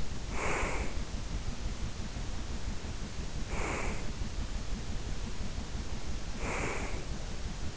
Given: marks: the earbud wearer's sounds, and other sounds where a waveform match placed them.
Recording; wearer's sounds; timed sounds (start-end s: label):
sounds in sleep by an in-ear microphone; breath
0.00-1.06 s: breath
3.27-4.25 s: breath
6.33-7.21 s: breath